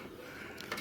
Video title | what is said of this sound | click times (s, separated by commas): How to upgrade RAM - ThinkCenter M92p - Simple RAM UPGRADE TUTORIAL | just pop that up like so and here we go now | 0.6 s, 0.7 s